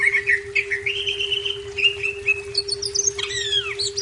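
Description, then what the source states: Leafbird giving drawn-out wavering whistles that rise, then bright high chirps and swooping notes, with low rumbling and a steady hum. Labelled Cucak Ijo 'Daun Kecil'.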